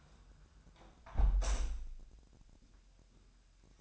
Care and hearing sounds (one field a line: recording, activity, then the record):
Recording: daily activity, microphone in the room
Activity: close window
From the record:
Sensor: 2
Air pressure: 1000.0 hPa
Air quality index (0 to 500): 236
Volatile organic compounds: 72 ppm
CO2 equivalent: 3539 ppm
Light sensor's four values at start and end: 9/20/8/8 and 8/20/8/8